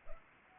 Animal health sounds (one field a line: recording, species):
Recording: mosquito wingbeat signal from an infrared sensor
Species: Anopheles arabiensis